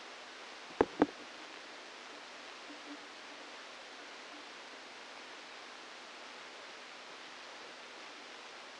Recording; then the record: brain microelectrode recording played as sound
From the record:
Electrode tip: inside the subthalamic nucleus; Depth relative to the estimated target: -3 mm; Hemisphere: left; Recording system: NeuroSet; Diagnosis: Parkinson's disease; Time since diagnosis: 27 years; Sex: male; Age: 62 years